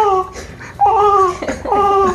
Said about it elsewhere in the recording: As cries go, that's so calm. It's pretty mild, and it's not even a very distressed cry. It almost sounds like a cat. That's the I've been around for a week cry. It actually becomes a lot more powerful and a lot louder.